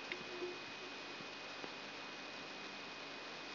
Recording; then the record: brain microelectrode recording played as sound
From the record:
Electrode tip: outside the subthalamic nucleus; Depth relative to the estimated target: -3 mm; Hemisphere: right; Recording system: AlphaMap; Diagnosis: Parkinson's disease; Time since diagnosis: 11 years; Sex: female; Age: 62 years